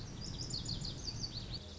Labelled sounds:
Lazuli Bunting (Passerina amoena)
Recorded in Sonoma County, California

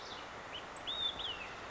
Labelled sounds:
Olive-sided Flycatcher (Contopus cooperi)
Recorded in Sonoma County, California

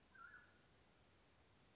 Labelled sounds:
Mountain Quail (Oreortyx pictus)
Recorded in Sonoma County, California

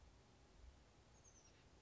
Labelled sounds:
Oak Titmouse (Baeolophus inornatus)
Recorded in Sonoma County, California

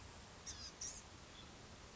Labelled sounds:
Blue-gray Gnatcatcher (Polioptila caerulea)
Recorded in Sonoma County, California

